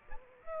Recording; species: mosquito wingbeat signal from an infrared sensor; Aedes aegypti